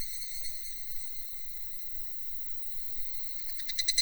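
Cicada call: an even, high, ringing drone that runs on without a break, then turns into quick throbbing pulses in the last half-second.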